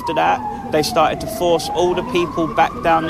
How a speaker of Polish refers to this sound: Okolice parlamentu ciągle odgrodzone, syreny policji i ambulanców to dziś w centrum Londynu dominujący dźwięk.